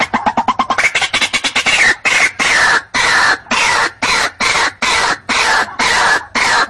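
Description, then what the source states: White-breasted waterhen calling: a quick burst of clipped harsh notes that then slows into longer, rasping croaks, roughly two per second, loud and coarse. Locally called ruak-ruak; from a one-hour lure (pikat) recording.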